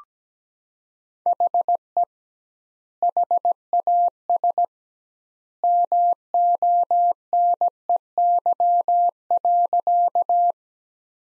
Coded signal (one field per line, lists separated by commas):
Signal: Morse code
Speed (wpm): 17 wpm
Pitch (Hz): 700 Hz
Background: none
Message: HE HAS MONEY.